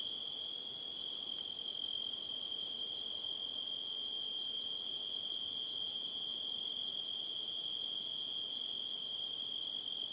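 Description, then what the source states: Cricket song, a continuous piercing high trill of fast pulses, steady throughout with no breaks. At night.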